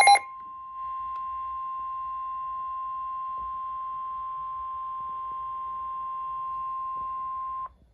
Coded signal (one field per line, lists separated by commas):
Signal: Emergency Alert System (SAME) tones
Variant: 1050 Hz attention tone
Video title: Winter Storm Warnings from March 2nd (EAS 85-86)